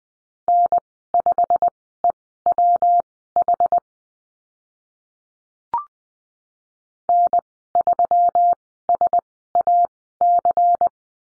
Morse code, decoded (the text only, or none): N5EWH N3SAC